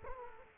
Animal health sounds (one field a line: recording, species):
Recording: mosquito wingbeat signal from an infrared sensor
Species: Aedes aegypti